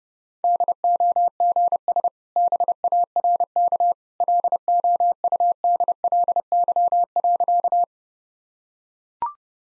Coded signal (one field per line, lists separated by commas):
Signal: Morse code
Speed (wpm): 32 wpm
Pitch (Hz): 700 Hz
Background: none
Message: DOGS BARK LOUDLY.